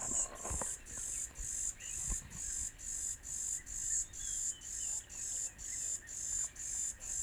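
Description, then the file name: B. brevis: insect song of high buzzy pulses repeated about twice a second in a steady rhythm. Recorded at a ranch. "B brevis Morningside Ranch"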